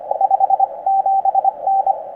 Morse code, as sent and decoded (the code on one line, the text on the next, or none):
..... --... -.
57N